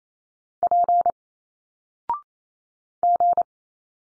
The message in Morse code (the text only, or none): P G